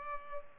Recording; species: mosquito wingbeat signal from an infrared sensor; Culex pipiens